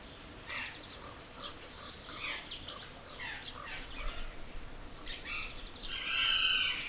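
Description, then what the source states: Birds chirping in quick succession, becoming louder toward the end with a burst of harsh, noisy calls. Birds in an aviary at Jászberény Zoo, recorded in 2016.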